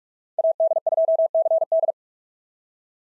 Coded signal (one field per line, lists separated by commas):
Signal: Morse code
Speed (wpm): 44 wpm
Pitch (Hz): 660 Hz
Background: none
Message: AD2CD